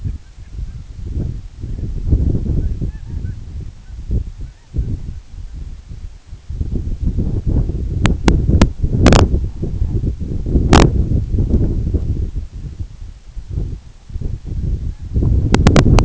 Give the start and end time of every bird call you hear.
0.01s-0.75s: Canada Goose
2.54s-3.34s: Canada Goose
3.75s-3.97s: Canada Goose
4.37s-5.56s: Canada Goose
14.86s-15.06s: Canada Goose

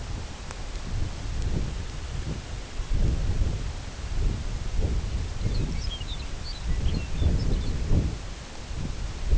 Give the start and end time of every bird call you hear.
5.34s-7.78s: Lapland Longspur

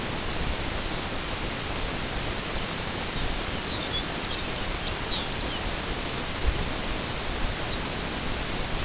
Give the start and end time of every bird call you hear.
3.08s-5.73s: Lapland Longspur
7.61s-7.85s: Lapland Longspur

